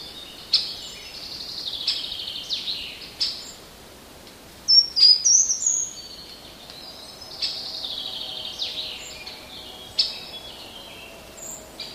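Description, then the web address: Passerine birds: small songbird chirps, high and thin, in short bursts repeated throughout, with a louder run of sharp notes near the middle over a steady background hiss. In a garden. "wroblowe kolekcja ogrodowy"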